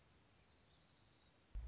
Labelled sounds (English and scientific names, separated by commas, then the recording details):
Orange-crowned Warbler (Leiothlypis celata)
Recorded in Sonoma County, California